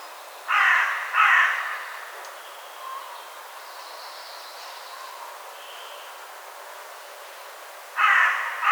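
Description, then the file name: Carrion crow giving two harsh caws, a quiet stretch with faint bird notes, then two more caws at the end. "Corvus corone"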